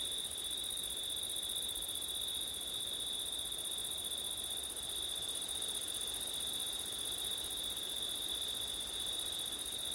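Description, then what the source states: Cricket song rings on steadily, a bright high buzz-trill that never changes, with low wind rumble throughout. Crickets on a windy September night; labelled ortif.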